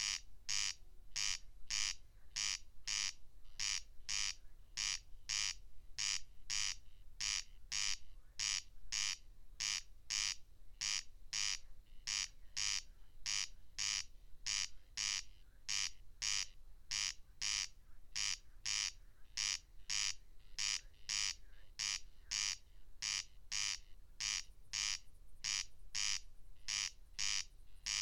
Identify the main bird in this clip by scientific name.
Crex crex